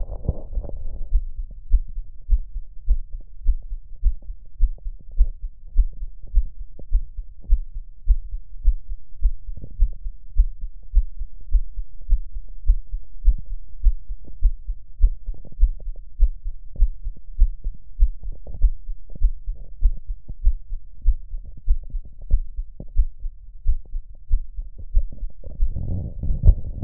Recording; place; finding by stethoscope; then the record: heart sounds by stethoscope; tricuspid valve (TV); normal heart sounds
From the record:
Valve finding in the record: tricuspid regurgitation, grade 0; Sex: female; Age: 62 years